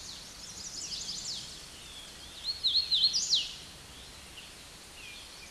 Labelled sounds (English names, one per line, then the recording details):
Hooded Warbler song
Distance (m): 15 m
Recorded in a Pennsylvania forest on 16 May 2024 at 07:24
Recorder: AudioMoth, point MSD-2181
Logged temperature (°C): 12.8 °C
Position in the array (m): 159 m, 117 m